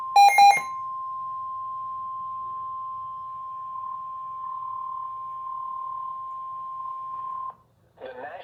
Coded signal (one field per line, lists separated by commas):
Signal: Emergency Alert System (SAME) tones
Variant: 1050 Hz attention tone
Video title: 6/16/26 Flash Flood Warning for Harris, Montgomery, and Waller Counties (EAS #74)